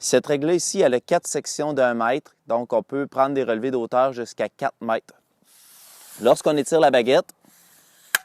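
Someone talks while a section of a telescopic surveying leveling staff with four one-metre sections is pulled out. There is a soft hiss around 5.5–6 s. A sharp snap at 8.2 s marks the section clicking and locking into the next one.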